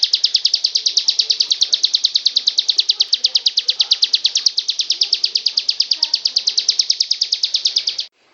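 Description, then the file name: Bird singing a continuous high chatter of quick repeated notes, stopping abruptly near the end. Song delivered in the ngebren style. "cb-ngebren -omkicau"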